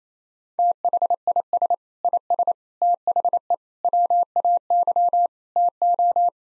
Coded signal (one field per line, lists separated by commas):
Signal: Morse code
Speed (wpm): 28 wpm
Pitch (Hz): 700 Hz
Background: none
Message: THIS IS THE WAY TO